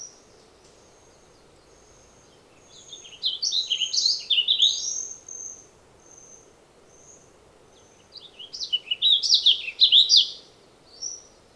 Warbling Vireo song recorded on the Fern Lake Trail in Rocky Mountain National Park.